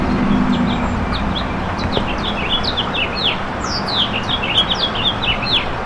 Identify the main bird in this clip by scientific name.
Haemorhous mexicanus